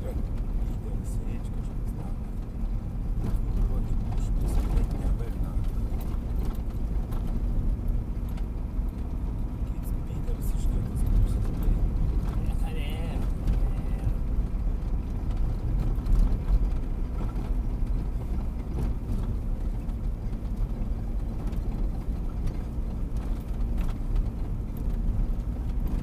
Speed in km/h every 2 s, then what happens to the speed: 30, 30, 30, 32, 33, 33, 33, 33, 32, 30, 30, 29, 32.
0-26 steady at about 32.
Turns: none.